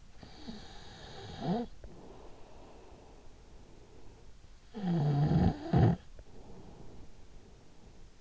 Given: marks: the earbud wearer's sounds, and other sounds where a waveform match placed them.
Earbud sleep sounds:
sounds in sleep by an in-ear microphone; snoring breath
0.15-4.27 s: snoring breath
4.44-8.21 s: snoring breath

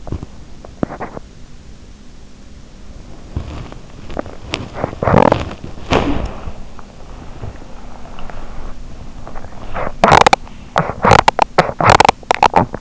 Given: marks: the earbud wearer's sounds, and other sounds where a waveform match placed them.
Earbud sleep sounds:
sounds in sleep by an in-ear microphone; teeth grinding, body movement
0.00-1.26 s: teeth grinding
3.24-6.66 s: body movement
4.80-5.59 s: teeth grinding
6.77-9.97 s: body movement
9.99-12.81 s: teeth grinding

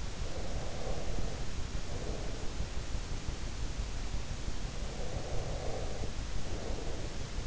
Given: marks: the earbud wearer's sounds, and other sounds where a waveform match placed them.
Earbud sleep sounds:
sounds in sleep by an in-ear microphone; breath
0.19-2.54 s: breath
4.62-7.47 s: breath

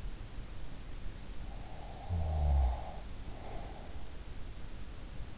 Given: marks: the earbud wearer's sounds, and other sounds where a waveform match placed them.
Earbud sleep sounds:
sounds in sleep by an in-ear microphone; snoring breath
1.70-4.34 s: snoring breath

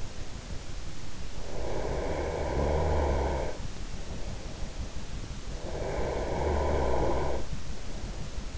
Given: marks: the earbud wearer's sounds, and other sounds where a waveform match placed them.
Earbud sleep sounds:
sounds in sleep by an in-ear microphone; snoring breath
1.52-3.62 s: snoring breath
5.62-7.62 s: snoring breath

